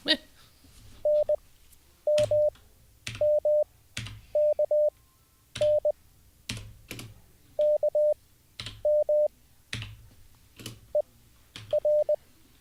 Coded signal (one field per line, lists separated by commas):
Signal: Morse code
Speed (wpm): 20 wpm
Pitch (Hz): 600 Hz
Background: none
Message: ENMMKN KM ER